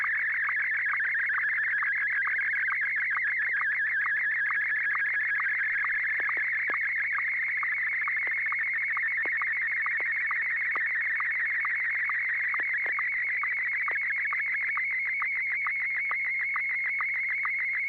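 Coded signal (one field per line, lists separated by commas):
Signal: SSTV (slow-scan television)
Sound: continuous warbling, screechy tone with a steady rhythmic tick, several per second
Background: low hum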